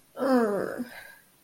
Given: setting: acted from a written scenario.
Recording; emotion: vocal sound without words; embarrassment